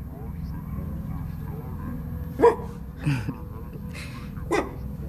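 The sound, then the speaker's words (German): A man, told to get on his knees and be a good dog, gives three short, bark-like yelps imitating a dog, spaced irregularly over a steady low droning hum. “Und jetzt geh auf die Knie, Schätzchen. Sei ein guter Hund.”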